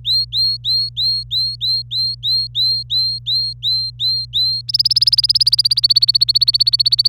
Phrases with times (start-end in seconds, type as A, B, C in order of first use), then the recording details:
0.05-4.61 A, 4.68-7.09 B. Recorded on 26 April 2018 at 07:00. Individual llb3